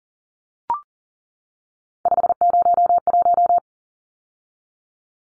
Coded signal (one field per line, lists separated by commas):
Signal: Morse code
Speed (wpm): 40 wpm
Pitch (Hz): 700 Hz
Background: none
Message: 501